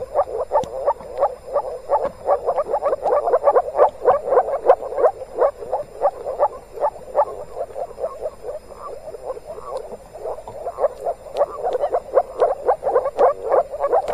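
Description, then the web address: Steady chorus of moor frogs, many soft pulsed croaks overlapping continuously at a rapid, uneven pace. Moor frogs calling in spring in the Tävsmoor, Germany. "moorfrosch. rufen jetzt die froesche im taevsmoor"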